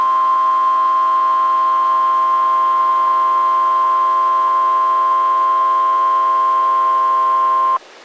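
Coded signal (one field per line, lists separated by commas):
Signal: Emergency Alert System (SAME) tones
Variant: 1050 Hz attention tone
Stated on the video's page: Severe thunderstorm warning alert.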